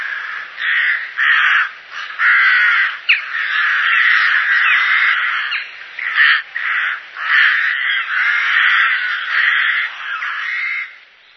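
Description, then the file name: Rooks cawing harshly and almost without pause, several hoarse calls overlapping in a dense, grating chorus with only brief gaps. "roek"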